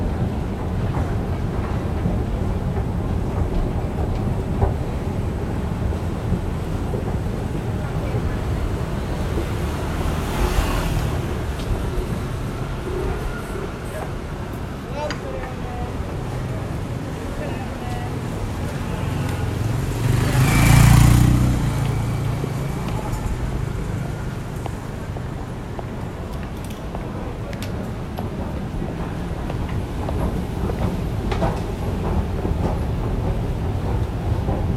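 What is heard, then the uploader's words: Steady low rumble and machinery hum along a city escalator street, with faint voices, and a louder passing swell around twenty seconds. Central–Mid-Levels escalator, Staunton Street, Hong Kong.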